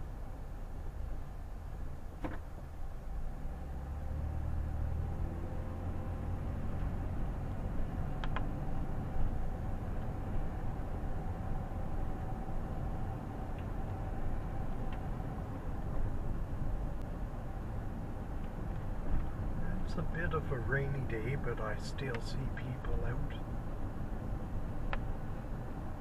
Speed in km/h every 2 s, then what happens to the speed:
7, 6, 9, 11, 23, 21, 18, 25, 23, 22, 24, 23, 23.
0-9 speeds up to 23. 9-26 steady at about 23.